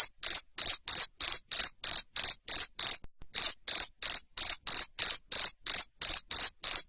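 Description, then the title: Cricket producing a steady train of piercing, rasping chirps, about three each second, briefly interrupted once. Loud cricket chirping played to make lovebirds keep singing (ngekek). "Suara JANGKRIK NGERIK Keras Bikin LOVEBIRD Jadi NGEKEK Terus Vubey"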